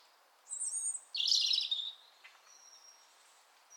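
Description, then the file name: European robin singing a brief phrase, high sliding whistles followed by a dense, tumbling twitter, then faint thin notes trailing off in quiet background. "Erithacus rubecula"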